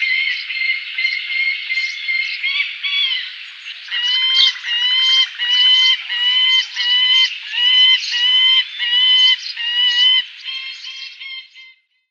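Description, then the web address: Saker falcon with a rough, continuous wailing screech that breaks into a string of grating notes a little faster than once a second before fading out. "Schulze Peter Saker Falcon"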